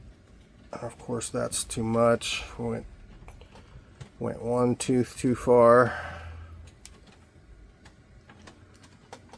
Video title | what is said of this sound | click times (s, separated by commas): Microtech Stitch Ram-lok Overview and Skiff Bearing Install | won't snap in yeah | none